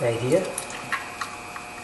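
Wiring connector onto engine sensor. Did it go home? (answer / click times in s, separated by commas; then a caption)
yes / 1.2 s. Someone talks briefly while a plastic electrical connector is pushed back onto an engine sensor during a valve cover gasket replacement. A sharp snap at 1.2 s shows the connector clicking in and seating.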